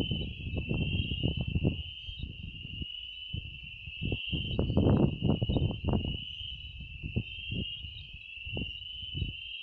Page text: Physalaemus fernandezae Sexo: Macho Fase da vida: Adulto Data de Registro: 29/06/2019 País: Argentina Província. Departamento: Buenos Aires Localidade ou área protegida: Saladillo